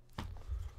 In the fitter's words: snaps right in